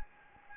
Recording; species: mosquito wingbeat signal from an infrared sensor; Anopheles gambiae